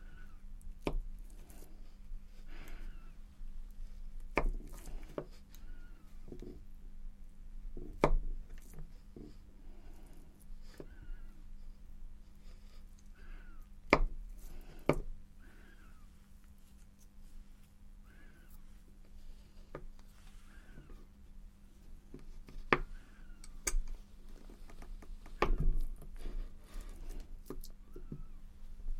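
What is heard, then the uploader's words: Soap is being diced with sharp, irregular knife strikes, bunches of quick chops around 1, 4–5, 8, 14–15 and 24–26 seconds, with quieter scraping and tapping between. A steady low hum runs underneath throughout. ASMR The Lush Store Roleplay - Dicing Soaps.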